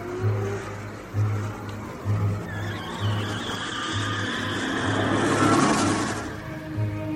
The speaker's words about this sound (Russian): Милицейский автобус отправился в путь.